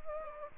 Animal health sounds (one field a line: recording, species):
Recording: mosquito wingbeat signal from an infrared sensor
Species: Anopheles arabiensis